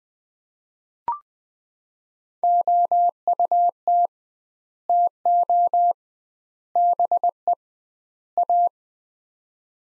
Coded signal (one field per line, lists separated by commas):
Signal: Morse code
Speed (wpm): 20 wpm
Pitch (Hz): 700 Hz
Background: none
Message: OUT TO BE A